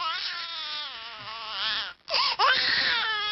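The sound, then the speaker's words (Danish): A real baby cries loudly and continuously in strained, wavering wails with rich harmonics, broken by one brief gasp for breath before the high-pitched crying resumes. “Det er ikke til at tage fejl af, vel? Det er en rigtig, rigtig baby.”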